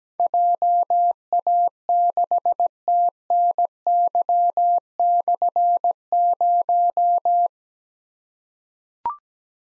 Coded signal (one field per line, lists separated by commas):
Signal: Morse code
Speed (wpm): 17 wpm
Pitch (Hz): 700 Hz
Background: none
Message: JA6TNY/0